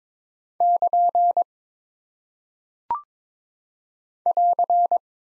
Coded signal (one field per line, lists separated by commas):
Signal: Morse code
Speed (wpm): 22 wpm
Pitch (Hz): 700 Hz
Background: none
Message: <KN> <AR>